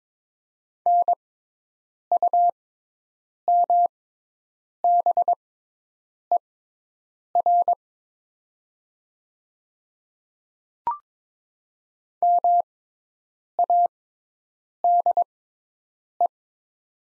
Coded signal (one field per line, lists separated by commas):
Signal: Morse code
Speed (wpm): 22 wpm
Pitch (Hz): 700 Hz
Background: none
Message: NUMBER MADE